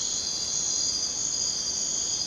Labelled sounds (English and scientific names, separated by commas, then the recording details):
none
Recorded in dense forest near Puerto Asís, Putumayo, Colombia, on 22 June 2025 at 01:00
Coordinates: 0.484, -76.317
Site G045